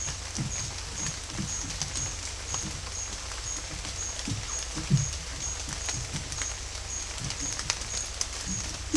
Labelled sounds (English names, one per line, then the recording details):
none
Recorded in dense forest near Puerto Asís, Putumayo, Colombia, on 21 December 2024 at 10:30
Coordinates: 0.467, -76.328
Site GP05